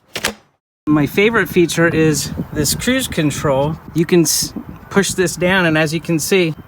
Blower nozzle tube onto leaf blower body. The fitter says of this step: and to attach it just slides on and clicks into place